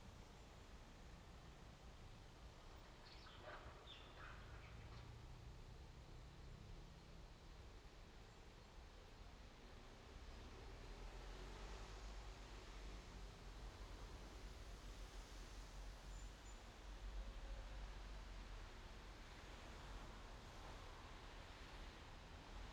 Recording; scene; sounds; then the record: everyday scene through a hearing-aid microphone; in traffic; traffic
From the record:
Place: main road on the outskirts, rush hour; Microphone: in the ear canal, left